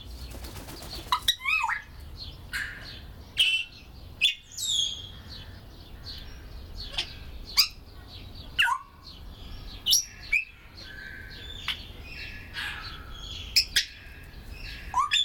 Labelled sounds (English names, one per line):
Grey Parrot